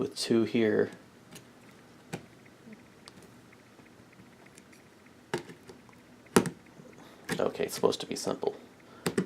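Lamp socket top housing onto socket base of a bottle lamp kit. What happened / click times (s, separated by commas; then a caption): The lamp socket housing is handled but not yet seated / none. The top housing of a lamp socket is handled and lined up with the two bumps on each side of the socket base of a bottle lamp kit, while someone talks. Scattered short taps and rattles of plastic handling are heard, with sharper ones around 5.3 s, 6.4 s and 9.1 s. Nothing has seated or snapped into place yet.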